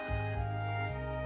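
A low, droning stomach growl from an adult woman's abdomen, with a few pitch shifts over about a second: ordinary, harmless bowel sounds.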